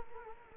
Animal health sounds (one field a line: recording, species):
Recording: mosquito wingbeat signal from an infrared sensor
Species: Culex quinquefasciatus